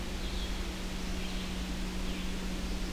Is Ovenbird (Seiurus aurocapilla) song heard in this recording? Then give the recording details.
no. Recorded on 23 June 2016 at 08:28. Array SBT-6-76